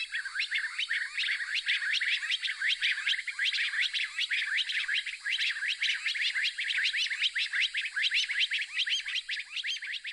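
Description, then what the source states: Stone partridges calling together, a dense chorus of quick sharp notes overlapping continuously, with a steady high hiss throughout. A group of stone partridges in Ghana, sounding very excited.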